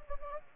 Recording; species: mosquito wingbeat signal from an infrared sensor; Anopheles gambiae